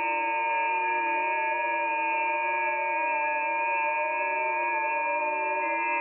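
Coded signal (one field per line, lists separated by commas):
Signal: FT8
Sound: many overlapping soft warbling tones, steady chorus of slowly shifting pitches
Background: radio static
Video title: FT8 Decoding Digital Signals on Yaesu FTdx3000 receiving in the Netherlands 4/6/2023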